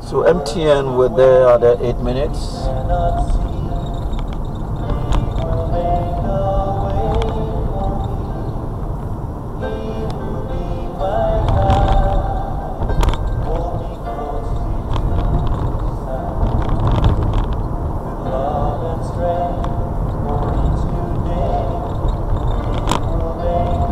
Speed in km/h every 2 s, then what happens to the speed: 37, 42, 47, 50, 52, 55, 56, 60, 61, 63, 66, 71.
0-24 speeds up to 71.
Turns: none.